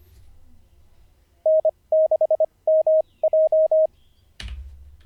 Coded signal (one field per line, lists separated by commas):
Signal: Morse code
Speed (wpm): 25 wpm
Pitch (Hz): 630 Hz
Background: none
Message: N6MJ